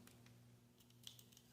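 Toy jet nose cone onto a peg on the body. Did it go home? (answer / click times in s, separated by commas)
no / none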